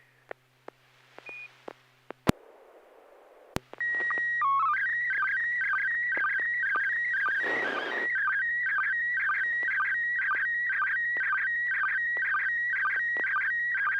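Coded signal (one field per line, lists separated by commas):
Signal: SSTV (slow-scan television)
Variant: PD120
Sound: clicks, a short tone header, then a continuous warbling, chirping tone with regular ticks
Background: radio static bursts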